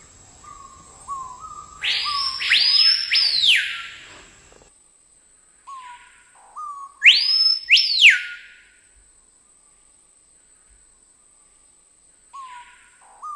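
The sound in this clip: Screaming piha song: several low whistled notes building to loud piercing up-and-down whistles, repeated twice, with a third phrase starting at the end.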